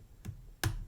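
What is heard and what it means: A hook pick lifts pin two of a pin tumbler lock cylinder, and the pin sets with a sharp tick at 0.6 s. A fainter tick comes first at 0.3 s. The pin is seated.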